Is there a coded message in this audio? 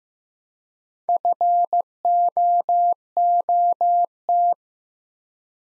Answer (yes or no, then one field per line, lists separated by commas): yes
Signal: Morse code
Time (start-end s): 1.1-4.5 s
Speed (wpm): 15 wpm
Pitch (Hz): 700 Hz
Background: none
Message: FOOT